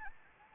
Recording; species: mosquito wingbeat signal from an infrared sensor; Anopheles gambiae